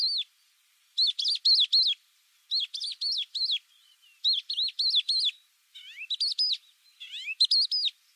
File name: bimaculated lark